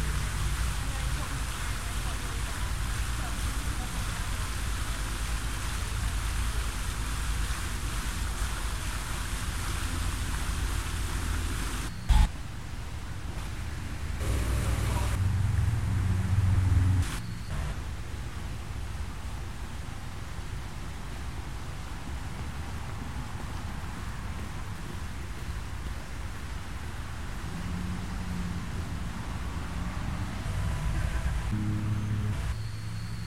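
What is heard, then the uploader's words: Water from a fountain splashes in a steady, dense hiss that fills the whole 33 seconds. A deep rumble sits beneath it, swelling around 15 to 17 seconds, with a sharp knock near 12 seconds and faint traffic or voices in the background. In the center of campus is a fountain surrounded by 120 palm trees. The sources for this audio piece are binaural recordings made by positioning a microphone at each tree in the northwest quadrant.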